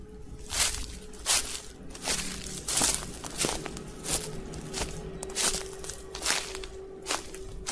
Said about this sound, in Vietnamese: Tiếng bước chân đó cứ đều đều vang lên. Có ai đó đang đi bên ngoài. Người đó cứ đi vòng vòng, rồi bất ngờ dừng lại ngay phía cánh cửa gỗ ngoài nhà tắm.